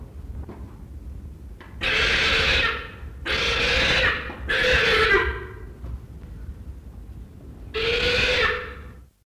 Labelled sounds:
Yellow-casqued Hornbill (Ceratogymna elata) call
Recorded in captivity
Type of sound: call
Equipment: Halbspur, 9,5 cm/s
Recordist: Lütgens, Hans
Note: Krank, wird vom Wärter gegriffen

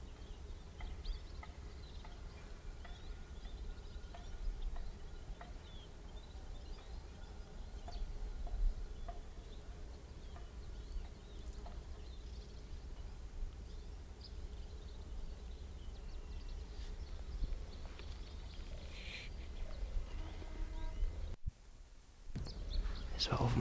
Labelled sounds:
Canary Islands Chiffchaff (Phylloscopus canariensis) song
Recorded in the wild
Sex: male
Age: adult
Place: Puerto de la Cruz, Teneriffa, Teneriffa, Kanarische Inseln, ES
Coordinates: 28.4139, -16.5483
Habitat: park
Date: 1964-04-27
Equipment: Nagra III PH, Parabolspiegelmikrophon, LGS26
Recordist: Schneider, Hans-Joachim

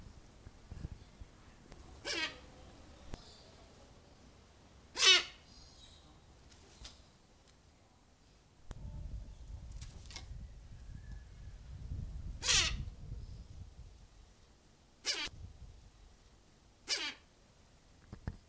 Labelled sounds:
Silvery-cheeked Hornbill (Bycanistes brevis) call
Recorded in captivity
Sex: pair
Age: adult
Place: Zoo Berlin, Berlin, DE
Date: 2002-09-04 15:43
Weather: heiter, 24 - 26°C
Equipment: Nagra SN, Kopie Uher 4000 Report Monitor
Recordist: Tembrock, Günter
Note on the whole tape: Paar: Kurzlaute von Männchen und Weibchen, Männchen tiefere Stimme

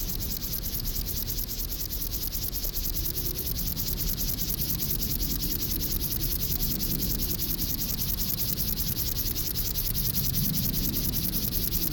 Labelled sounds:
Upland Field Grasshopper (Chorthippus apricarius) stridulation
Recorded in the wild
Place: Karower Teiche, Naturpark Barnim, Berlin, DE
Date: 1992-09-27 11:25
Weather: sonnig, 17-22°C
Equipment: Marantz CP 430, Sennheiser ME 80, Kopie Tesla B 116
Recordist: Tembrock, Günter

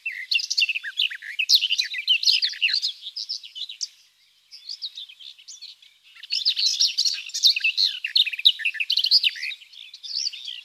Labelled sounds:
Garden Warbler (Sylvia borin) song
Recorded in the wild
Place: Waltershofen / Freiburg im Breisgau, Baden-Württemberg, DE
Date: 2001-06-04
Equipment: MiniDisc Sharp MT 20 H
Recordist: Schwarz, Dieter

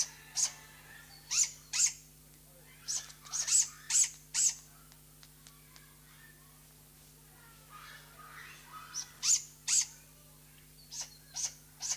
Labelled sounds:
Great Grey Owl (Strix nebulosa) call
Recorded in captivity
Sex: diverse
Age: juvenile
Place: Zoo Berlin, Berlin, DE
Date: 2003-09-05 15:20
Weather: heiter, ca. 22°C
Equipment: Fair Mate ST-1328 (Asahi Electronics, Japan), Sennheiser ME 80, Kopie Uher 4000 Report Monitor
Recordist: Tembrock, Günter
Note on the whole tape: Alttiere mit drei Jungen (im Mai geschlüpft): Fütterung: Die Alten übernehmen die Mäuse, zwei der Jungen äußern die Lautfolgen

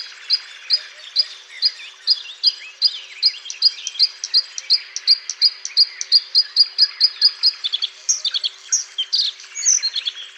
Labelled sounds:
Bluethroat (Luscinia svecica) song
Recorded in the wild
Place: Pripyatskiy NP, BY
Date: 2005-05-26
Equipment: Minidisc Sony MZ-R35, Telinga DAT, Telinga-Parabolspiegel
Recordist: Schwarz, Dieter

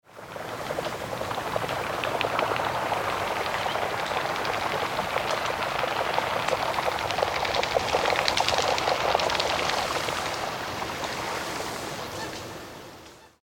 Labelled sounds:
Eurasian Coot (Fulica atra)
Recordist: Tembrock, Günter
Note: Fluglaufen auf dem Wasser

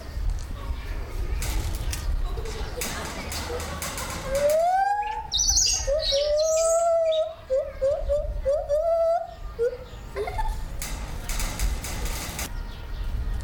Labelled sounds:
Lar Gibbon (Hylobates lar)
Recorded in captivity
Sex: male
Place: Zoo Berlin, Berlin, DE
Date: 1996-04-06 13:24
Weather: heiter, 10 - 16 °C
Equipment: Sony MD-WM MZ-R3, Sennheiser MKH 416 T, Kopie Uher 4000 Report Monitor
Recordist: Tembrock, Günter

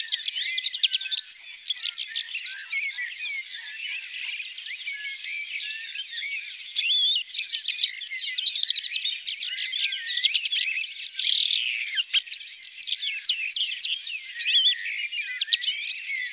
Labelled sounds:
Red-backed Shrike (Lanius collurio) song
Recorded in the wild
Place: Kaiserstuhl, Baden-Württemberg, DE
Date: 1981-05-17
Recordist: Schwarz, Dieter

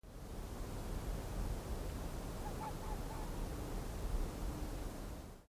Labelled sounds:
Arctic Fox (Vulpes lagopus)
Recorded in the wild
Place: Insel Mednyi, Kommandeur-Inseln, RU
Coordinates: 54.5167, 168.083
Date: 1999-07-12 18:02
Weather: bedeckt, 10°C, schwacher Westwind
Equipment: Sony WM-D6C, Sennheiser MKH 40, Windkorb, Kopie Sony TCD-D8
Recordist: Frommolt, Karl-Heinz
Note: Südosten der Insel, Geröllfeld: eine Bellstrophe eines Polarfuchses

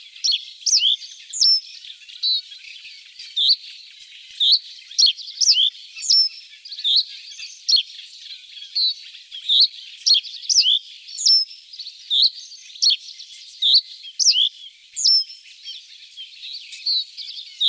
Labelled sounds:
Reed Bunting (Emberiza schoeniclus) song
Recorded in the wild
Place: Flögelner See, Schleswig-Holstein, DE
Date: 1981-06-08
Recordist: Schwarz, Dieter
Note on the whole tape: Song

